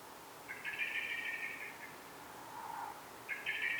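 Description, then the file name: Eurasian blackbird with two harsh chattering rattles, the first over a second long, separated by a soft lower note. "Turdus merula"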